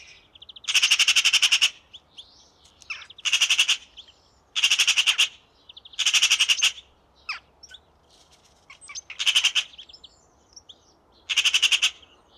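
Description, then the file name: Eurasian magpie chattering loudly, six harsh machine-gun rattles at irregular intervals, with quieter scattered notes in the pauses. "Pica pica"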